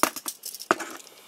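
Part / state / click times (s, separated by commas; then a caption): plastic cargo piece onto toy truck trailer / seated / 0.7 s. A plastic steel-bar cargo piece is snapped onto the trailer bed of a 2023 Tomica No.140 Mitsubishi Fuso Super Great pole trailer, a die-cast toy truck. A few light plastic clicks and taps come first, then a sharp plastic click at 0.7 s as the piece seats onto the trailer.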